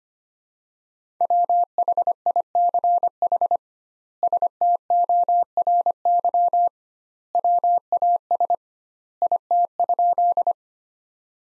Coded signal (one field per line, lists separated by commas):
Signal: Morse code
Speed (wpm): 25 wpm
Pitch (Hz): 700 Hz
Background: none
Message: WHICH STORY WAS IT?